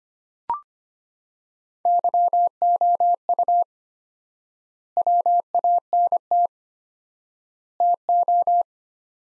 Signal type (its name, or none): Morse code